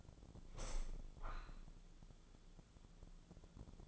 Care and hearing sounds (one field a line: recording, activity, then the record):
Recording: daily activity, microphone in the room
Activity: open window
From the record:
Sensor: 5